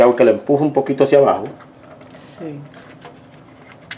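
Someone talks while pushing down with her fingernails on the tab of a plastic water filter cartridge in an under-sink filter housing, trying to unlatch it. Afterward it is mostly quiet, with a couple of faint short sounds near 3.0 and 3.7 seconds. The cartridge does not come free, and nothing has released or clicked yet.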